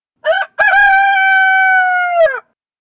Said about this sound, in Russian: Петух, убью. Да что за противное животное, горланит и горланит